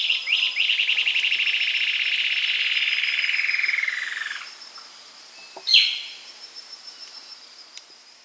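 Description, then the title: Cinereous antshrike finishing a fast rattling trill that slowly fades and drops in pitch, followed by a single sharp note, with a steady high hum behind. Subspecies caesius. "LuckyPassaro Completos2Sama. Cinereous Antshrike (Thamnomanes caesius caesius)"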